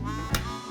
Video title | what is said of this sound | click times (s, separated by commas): Houdini's $6K Handcuffs Lock Chumlee Up (Season 3) - Pawn Stars | Then you hear the snap. | 0.4 s